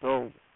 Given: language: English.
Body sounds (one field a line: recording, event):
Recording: throat vibration sensor signal played as sound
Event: speech